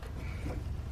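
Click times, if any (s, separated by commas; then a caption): none. A low beam headlight bulb on a 2015–2021 Kia Sedona is handled in its headlight housing, about to be turned a quarter turn clockwise to twist-lock into place. Only steady low rumbling noise is heard, with a brief soft bump near 0.0 s. Nothing has seated or clicked yet.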